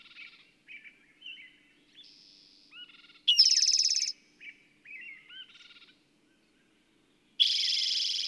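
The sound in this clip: Bird song full of varied twittering whistles and buzzy notes, punctuated by two loud rattling trills, with a quiet gap before the second.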